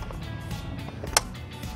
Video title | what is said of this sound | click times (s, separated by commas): Harley-Davidson HOG's Project RUSHMORE - Part 1 Comfort and Convenience | it locks into place | 1.2 s